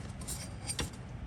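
A black turbo charge pipe on an A90 Supra is pushed by hand onto the silver charge pipe port on the engine while a BOV is being installed. Its retaining clip is meant to snap into place. Low handling rustle and scraping fill the clip, with a brief sharp tap at 0.8 s, but nothing has seated or clicked yet.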